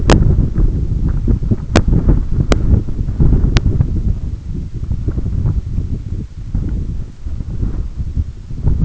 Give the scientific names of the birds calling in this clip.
none